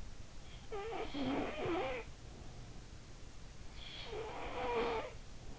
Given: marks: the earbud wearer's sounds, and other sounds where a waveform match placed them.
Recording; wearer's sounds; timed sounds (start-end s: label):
sounds in sleep by an in-ear microphone; snoring breath
0.12-2.87 s: snoring breath
3.38-5.55 s: snoring breath